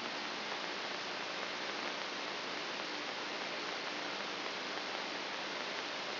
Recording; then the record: brain microelectrode recording played as sound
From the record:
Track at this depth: inside the subthalamic nucleus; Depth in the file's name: 0.827 mm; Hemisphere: left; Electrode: 3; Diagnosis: Parkinson's disease